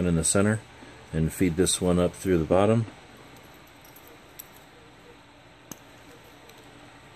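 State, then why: Not seated. Someone talks for the first three seconds while a blank cartridge is fed up through the bottom of a metal disintegrating ammunition belt link, meant to lock that link to the previous one. A quiet stretch of handling follows, with faint, brief ticks at about 4.4, 5.7 and 6.5 seconds. The cartridge has not yet seated or locked the links together when the clip ends.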